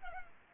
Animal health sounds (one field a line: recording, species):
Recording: mosquito wingbeat signal from an infrared sensor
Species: Culex pipiens